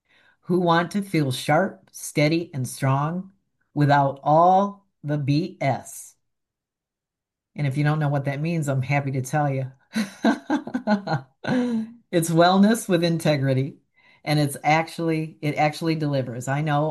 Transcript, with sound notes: who want to feel sharp, steady, and strong without all the BS. And if you don't know what that means, I'm happy to tell you. (laughs) It's wellness with integrity, and it's actually, it actually delivers.